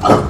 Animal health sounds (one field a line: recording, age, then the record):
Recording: pig call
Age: growing-finishing pig (85 days or more)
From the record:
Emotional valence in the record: positive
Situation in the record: run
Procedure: transit